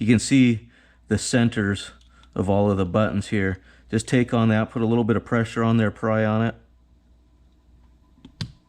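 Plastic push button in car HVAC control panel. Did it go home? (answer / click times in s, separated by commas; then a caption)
released / 8.4 s. A plastic push button in the HVAC control panel of a Lamborghini Gallardo, being replaced with Audi components, is pried on at its center from the back of the panel while someone talks. After a pause, a sharp pop at 8.4 s marks the button releasing out of the panel.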